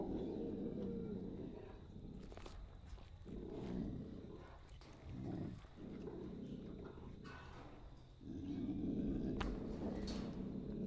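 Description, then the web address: Pig grunts in long, rough, low bursts with short pauses between them. "KMP Film Video Sound Effects - Piggs"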